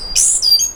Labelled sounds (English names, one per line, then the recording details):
Stitchbird song
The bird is a male
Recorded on Tiritiri Matangi Island, New Zealand, in 2005
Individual 12, of nest box 16